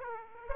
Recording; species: mosquito wingbeat signal from an infrared sensor; Aedes aegypti